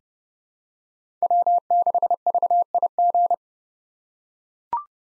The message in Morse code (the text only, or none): W6VIG